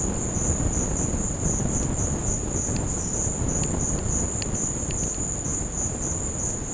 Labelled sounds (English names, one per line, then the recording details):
none
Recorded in secondary vegetation near Puerto Asís, Putumayo, Colombia, on 8 March 2025 at 15:00
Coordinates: 0.481, -76.318
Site G097